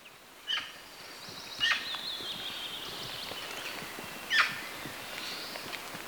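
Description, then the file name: Eurasian magpie giving three scratchy, grating calls at irregular intervals, with faint high whistled notes running between them. "Pica pica"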